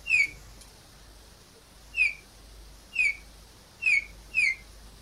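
P. cineracea call: single clear downslurred whistles, spaced irregularly, about five in all, with quiet between them.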